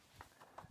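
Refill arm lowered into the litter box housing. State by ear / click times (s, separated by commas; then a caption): seated / 0.2 s. The plastic refill arm of a homerunPET CS106 self-cleaning litter box is lowered back into the housing after the refill container is put back. It clicks into place with a short, sharp hit at 0.2 s, and a second short knock follows at 0.6 s.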